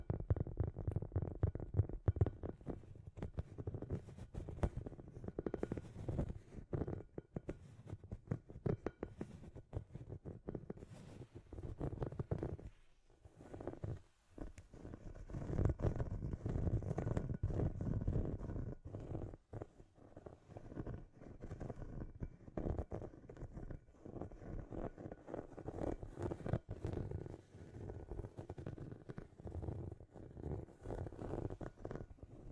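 Scratchy tapping runs almost continuously in dense, uneven clusters of dry clicks and scrapes, with a few brief pauses around 13 and 19 seconds.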